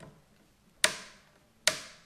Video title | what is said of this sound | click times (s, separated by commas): How-To: New Savage Rifle Checklist | there click there | 0.8 s, 1.7 s